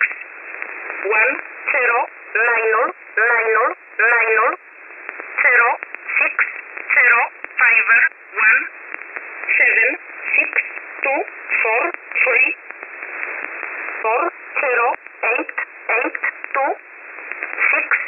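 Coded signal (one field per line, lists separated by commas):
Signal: numbers station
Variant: E11 Oblique, English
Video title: 20 09 2022 Numbers Station E11 Oblique in English to Eu 0722 on 9963 Warsaw in USB mode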